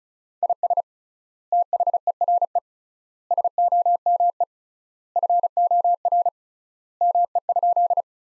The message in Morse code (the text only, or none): IS THERE SOME FOR ME?